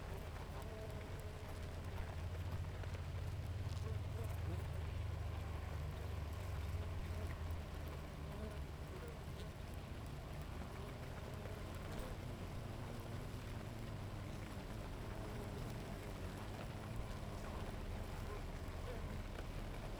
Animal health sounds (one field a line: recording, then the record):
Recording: honeybee colony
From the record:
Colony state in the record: active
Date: 28 July 2017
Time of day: 7:03